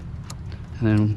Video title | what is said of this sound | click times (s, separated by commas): My neighbors car gets an AUXITO LED UPGRADE!!@AUXITOLED | there you go an audible click is all you're listening for | 0.3 s